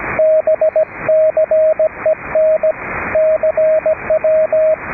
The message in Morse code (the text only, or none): BCEN CW